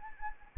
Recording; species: mosquito wingbeat signal from an infrared sensor; Anopheles arabiensis